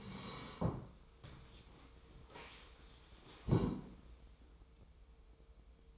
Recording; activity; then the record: daily activity, microphone in the room; sit down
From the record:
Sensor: 1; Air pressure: 1005.4 hPa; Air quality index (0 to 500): 124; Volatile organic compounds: 5 ppm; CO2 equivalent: 1734 ppm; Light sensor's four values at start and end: 11/26/10/11 and 11/27/11/12